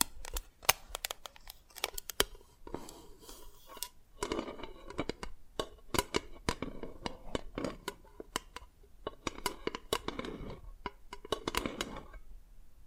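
Dalgona candy being tapped and cracked, with sharp, bright clicks landing irregularly and often in quick clusters throughout. Softer scraping and crinkly rustling fill the gaps, thickening around four seconds and again near ten to twelve seconds before the sounds thin out at the end.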